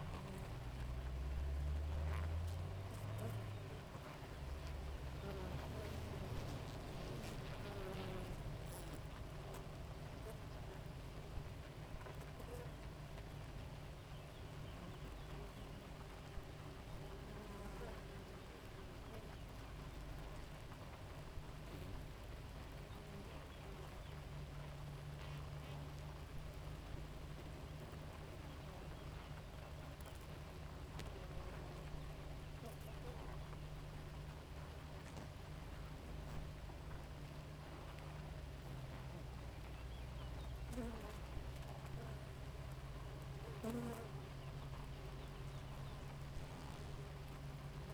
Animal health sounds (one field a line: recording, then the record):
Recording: honeybee colony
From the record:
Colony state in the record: active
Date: 28 July 2017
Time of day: 4:09